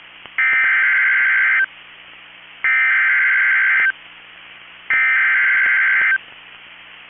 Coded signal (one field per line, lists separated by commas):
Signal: Emergency Alert System (SAME) tones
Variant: header bursts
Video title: EAS Timeline: Destructive Storms Pound the Twin Cities and Minnesota State Fair | NOAA Weather Radio